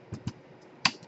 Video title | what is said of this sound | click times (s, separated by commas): Sony vaio pcg-7162l vgn-ns325j Laptop repair fix power jack problems broken dc socket input port | push it in from this side dollar wars and it should snap right in like | 0.9 s